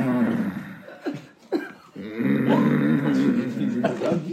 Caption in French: Le signal c'était quand son père il ronflait. Quand il faisait ce bruit, ça voulait dire qu'il allait pas se réveiller.